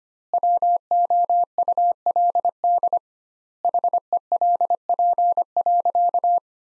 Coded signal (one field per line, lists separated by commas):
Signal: Morse code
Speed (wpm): 25 wpm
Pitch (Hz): 700 Hz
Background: none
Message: WOULD HELP.